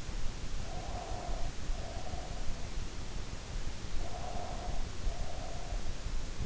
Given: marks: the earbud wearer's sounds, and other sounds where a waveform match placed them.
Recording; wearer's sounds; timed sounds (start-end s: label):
sounds in sleep by an in-ear microphone; breath
0.54-2.61 s: breath
3.91-6.04 s: breath